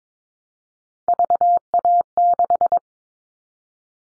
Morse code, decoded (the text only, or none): VA6